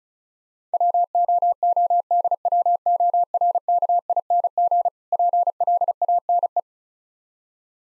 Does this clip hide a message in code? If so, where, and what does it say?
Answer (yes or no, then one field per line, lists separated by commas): yes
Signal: Morse code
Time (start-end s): 0.7-6.6 s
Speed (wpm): 35 wpm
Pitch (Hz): 700 Hz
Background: none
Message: WOODWORKING PLANE